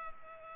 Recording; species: mosquito wingbeat signal from an infrared sensor; Culex pipiens